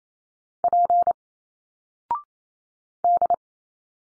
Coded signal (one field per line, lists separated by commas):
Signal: Morse code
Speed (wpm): 28 wpm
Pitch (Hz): 700 Hz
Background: none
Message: P D